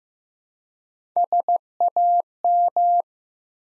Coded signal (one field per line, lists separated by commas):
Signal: Morse code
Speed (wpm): 15 wpm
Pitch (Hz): 700 Hz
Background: none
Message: SAM